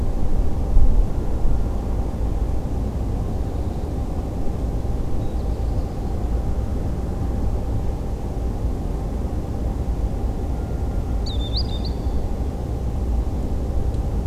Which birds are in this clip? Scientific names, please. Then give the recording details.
Tringa ochropus. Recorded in France